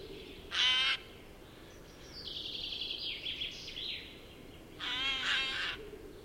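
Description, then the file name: Eurasian jay: two rough, raspy screeches separated by a few seconds of faint, thin warbling notes. "Garrulus glandarius"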